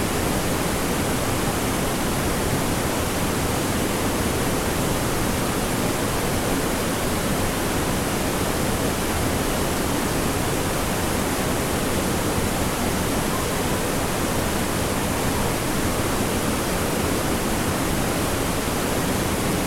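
A river roars close by as it pours over rocks toward a cave mouth, a dense, unbroken rush of water. The sound holds steady and loud for the whole stretch, full from a deep low rumble up to a bright hiss, with no separate events standing out.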